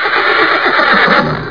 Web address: Talking. E Mail. HORSE